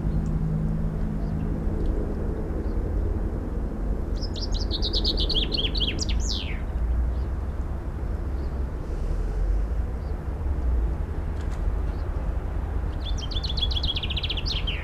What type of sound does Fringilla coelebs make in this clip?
song